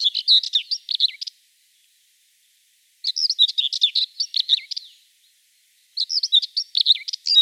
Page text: Серая славка